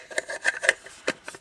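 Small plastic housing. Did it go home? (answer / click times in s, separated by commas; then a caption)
no / none. A UCO Sprout Plus rechargeable LED lantern has its base or battery pack handled as it is about to be given a quarter turn to twist-lock onto the lantern body. Light plastic clicks and rattles are heard near 0.2, 0.5, 0.7 and 1.1 seconds, with soft handling noise in between. Nothing has seated or locked yet.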